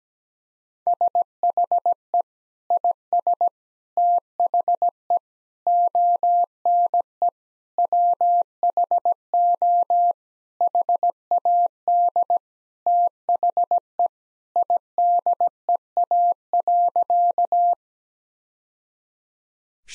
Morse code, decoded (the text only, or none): SHE IS THE ONE WHO HAD THE IDEA.